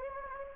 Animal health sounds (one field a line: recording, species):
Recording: mosquito wingbeat signal from an infrared sensor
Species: Anopheles gambiae